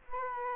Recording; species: mosquito wingbeat signal from an infrared sensor; Aedes aegypti